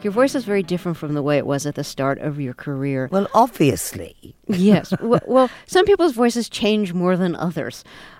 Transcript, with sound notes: Your voice is very different from the way it was at the start of your career.
Well, obviously (laughter).
Yes. Well, some people's voices change more than others.